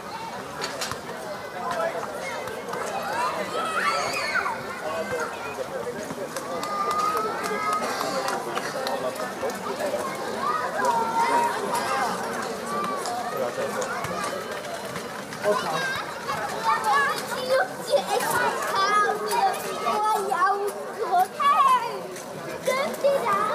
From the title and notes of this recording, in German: Berliner Abendämmerung. Entführt dich an einem Freitagabend zur "Stralauer Bucht". Sommerabend in Berlin.